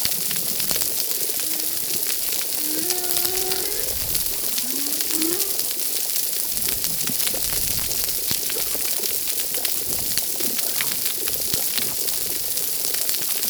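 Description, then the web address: Humpback whale song phrases: a few tonal upswept notes and a level whine early on, then only steady crackling underwater background. Recorded at reef site 10. "RECIFS Recif 10 Humpback Whales"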